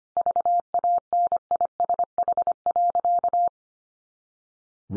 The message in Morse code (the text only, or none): VANISH.